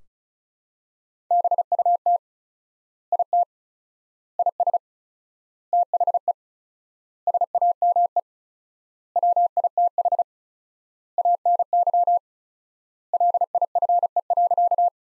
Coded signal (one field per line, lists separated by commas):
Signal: Morse code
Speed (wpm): 36 wpm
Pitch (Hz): 700 Hz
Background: none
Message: BUT IT IS THE SAME WITH ANY LIFE.